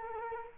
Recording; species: mosquito wingbeat signal from an infrared sensor; Culex quinquefasciatus